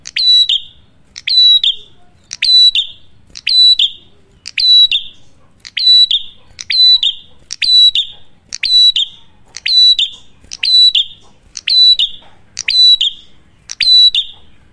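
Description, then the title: Prinia song: steady series of loud, metallic high chirps with buzzy falling ends, nearly one per second, over a quiet background. Loud duet of fluent (gacor) singing cililin and kapas tembak, used for luring wild birds or training cage birds (masteran). "Masteran Duet Cililin Vs Kapas Tembak. Prenjak Gacor. Ngalun Kencang, Ampuh Banget Buat Pikat Ataupun Masteran"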